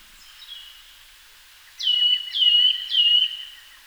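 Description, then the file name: Eurasian nuthatch giving faint call notes, then three loud whistled notes that drop quickly and flatten out, spaced about half a second apart. "Sitta europaea"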